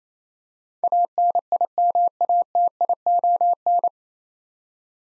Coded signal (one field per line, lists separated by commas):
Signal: Morse code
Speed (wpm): 28 wpm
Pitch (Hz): 700 Hz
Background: none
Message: ANIMATION